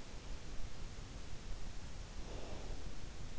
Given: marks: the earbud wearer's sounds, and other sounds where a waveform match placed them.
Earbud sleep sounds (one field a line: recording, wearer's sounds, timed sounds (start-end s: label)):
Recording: sounds in sleep by an in-ear microphone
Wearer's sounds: breath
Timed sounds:
2.18-3.31 s: breath